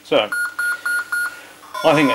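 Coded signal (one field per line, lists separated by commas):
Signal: none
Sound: video game beeps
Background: speech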